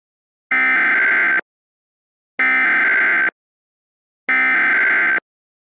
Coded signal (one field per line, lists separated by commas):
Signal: Emergency Alert System (SAME) tones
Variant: header bursts